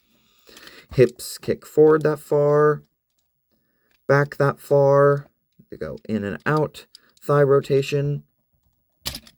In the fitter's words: The knees click into place.